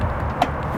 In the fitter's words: clicks back in pretty easily